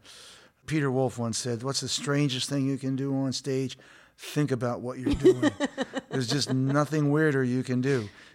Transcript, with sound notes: Peter Wolf once said, what's the strangest thing you can do on stage? Think about what you're doing.
(Laughter).
There's just nothing weirder you can do.